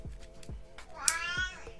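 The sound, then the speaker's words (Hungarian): A cat lets out one drawn-out, wavering meow partway through as it walks away after being petted, over a series of soft, low thumps repeating at a steady pace. Nobody speaks. “Annyira nem akarta a simogatásomat, hogy most nyávogva távozik a cica.”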